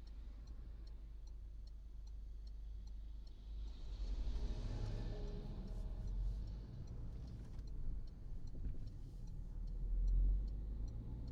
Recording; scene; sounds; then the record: everyday scene through a hearing-aid microphone; in a vehicle; engine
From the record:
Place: Berlingo II, diesel engine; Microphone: in the ear canal, right